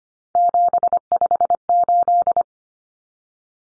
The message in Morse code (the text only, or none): 758